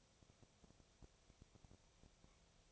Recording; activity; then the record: daily activity, microphone in the room; no activity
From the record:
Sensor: 1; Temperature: 19.6 degrees Celsius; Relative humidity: 36.4%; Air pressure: 997.0 hPa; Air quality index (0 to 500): 204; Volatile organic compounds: 129 ppm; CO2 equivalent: 3923 ppm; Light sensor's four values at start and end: 1/2/1/1 and 1/2/1/1